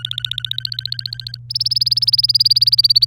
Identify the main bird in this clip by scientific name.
Serinus canaria